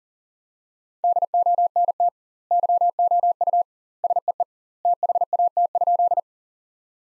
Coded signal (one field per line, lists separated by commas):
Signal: Morse code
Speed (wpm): 40 wpm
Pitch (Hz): 700 Hz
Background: none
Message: DONT YOU SEE THAT?